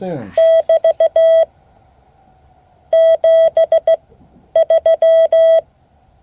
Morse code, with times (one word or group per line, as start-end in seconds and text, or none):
0.4-1.4 <BT>
2.9-5.6 73